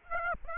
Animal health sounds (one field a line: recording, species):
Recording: mosquito wingbeat signal from an infrared sensor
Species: Aedes aegypti